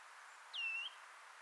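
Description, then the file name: Eurasian nuthatch, one short whistled call that dips briefly and then slides slightly upward, with soft background noise. "Sitta europaea"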